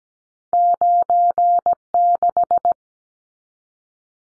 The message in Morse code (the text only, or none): 96